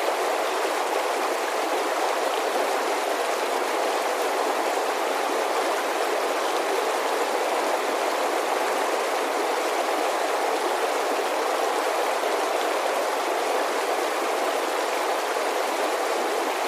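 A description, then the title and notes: An alpine creek rushes by in a steady, dense wash of water with no pauses or swells across the whole stretch. The sound sits full, strongest in the middle and upper range, with almost no deep rumble beneath it. Water Sounds Alpine Creek.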